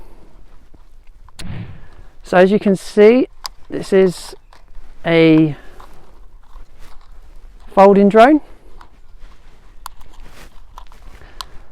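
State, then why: Seated. Someone talks while the folding plastic arms (legs) of a small Eachine E520s 4K camera drone are swung out by hand on their hinges from the drone body. Sharp clicks at 9.9 s and 11.4 s are the arms locking open, seated in place.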